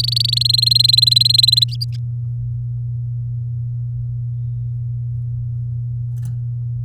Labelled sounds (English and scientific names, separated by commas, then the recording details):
Domestic Canary (Serinus canaria) song
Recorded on 9 May 2018 at 10:54
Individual llb16